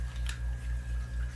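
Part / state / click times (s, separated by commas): plastic protective cover onto aquarium glass scraper blade head / not seated / none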